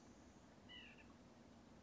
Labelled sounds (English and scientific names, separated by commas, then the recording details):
White-breasted Nuthatch (Sitta carolinensis)
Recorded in Sonoma County, California